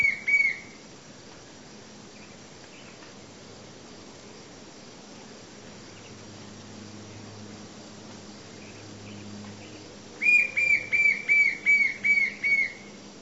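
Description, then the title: White-shouldered fire-eye: two whistles at the start, a long stretch of soft background hum, then a burst of seven steady whistled notes near the end. "LuckyPassaro Completos2Sama. White-shouldered Fire-eye (Pyriglena leucoptera)"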